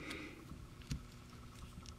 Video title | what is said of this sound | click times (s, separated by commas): Let's Built It! - Building The AMT/ERTL 1969 Ford Fairlane Cobra Torino Plastic Model Car Part 2 | okay but it does still click into place | 0.9 s